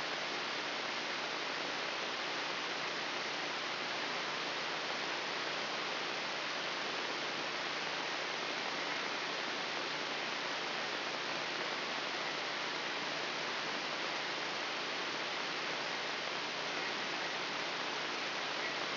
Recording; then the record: brain microelectrode recording played as sound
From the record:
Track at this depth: inside the subthalamic nucleus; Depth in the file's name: 4.107 mm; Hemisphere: left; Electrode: 3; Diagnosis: Parkinson's disease